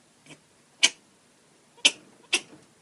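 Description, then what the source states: Chinchilla giving short, harsh, noisy bursts: one faint, then three sharp ones spaced about half to one second apart, with silence between them. Call expressing dissatisfaction.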